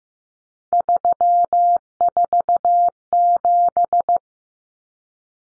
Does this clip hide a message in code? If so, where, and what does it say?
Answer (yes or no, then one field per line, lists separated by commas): yes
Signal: Morse code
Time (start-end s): 0.7-4.2 s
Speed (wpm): 15 wpm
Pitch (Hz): 700 Hz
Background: none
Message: 347